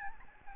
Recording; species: mosquito wingbeat signal from an infrared sensor; Aedes albopictus